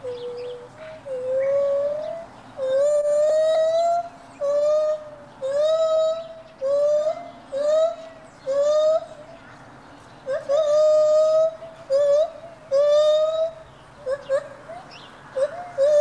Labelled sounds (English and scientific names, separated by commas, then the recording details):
Lar Gibbon (Hylobates lar)
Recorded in captivity
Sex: diverse
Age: diverse
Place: Tierpark Berlin, Berlin, DE
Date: 1983-01-23
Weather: bedeckt, böiger Wind, 4 °C
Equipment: Nagra SN, Sennheiser MKH 416 T (Automatik), Kopie Uher 4000 Report Monitor
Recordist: Tembrock, Günter